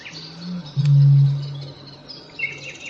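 Eurasian bittern gives a faint low intake note followed by a single deep resonant boom, while small birds chirp and trill in the background.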